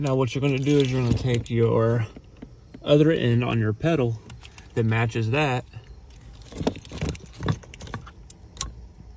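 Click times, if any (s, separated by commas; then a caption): 8.6 s. Someone talks, then the comma pedal interceptor harness plug is worked into the matching pedal sensor connector of a Chevy Bolt EV, with a few small plastic clicks and rattles of handling. The plug latches with a sharp click at 8.6 seconds, and the connector is seated.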